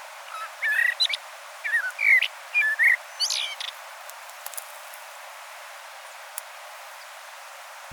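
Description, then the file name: Common blackbird giving a few brief warbled whistles and thin squeaky notes over three seconds, then near silence with faint background hiss. "Turdus merula"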